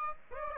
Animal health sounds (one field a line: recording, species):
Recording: mosquito wingbeat signal from an infrared sensor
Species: Aedes aegypti